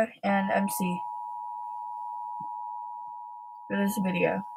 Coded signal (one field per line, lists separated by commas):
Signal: Emergency Alert System (SAME) tones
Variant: 853 and 960 Hz attention tone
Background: speech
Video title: Reacting to scary EAS alarm scenarios!